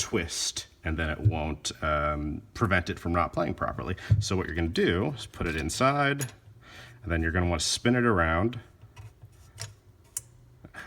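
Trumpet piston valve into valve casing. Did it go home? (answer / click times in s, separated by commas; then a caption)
yes / 10.2 s. A trumpet piston valve is put into its valve casing and turned until the valve guide drops into the beveled slot inside the casing, which keeps the valve from twisting. Someone talks through most of the clip. A few faint ticks follow, and a sharp click at 10.2 s marks the valve seating in place.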